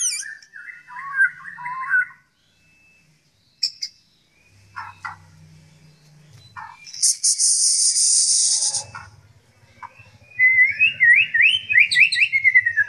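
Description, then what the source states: White-rumped shama song: varied whistled phrases, a loud buzzy hissing burst, then a rapid rising-and-falling warbled run near the end, with low rumbling underneath. Song includes mimicked canary and kingfisher (tengkek) phrases.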